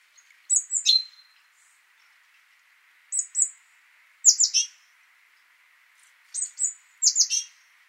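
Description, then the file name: Great tit calls: short groups of high thin notes, given several times with irregular pauses. "Parus major"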